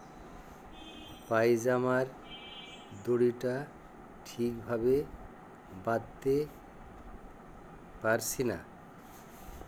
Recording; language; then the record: elicited speech; Bengali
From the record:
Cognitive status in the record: dementia